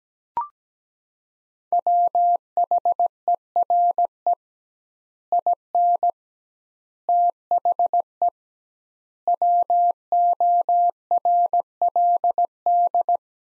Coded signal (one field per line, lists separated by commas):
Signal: Morse code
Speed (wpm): 17 wpm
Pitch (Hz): 700 Hz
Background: none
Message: WHERE IN THE WORLD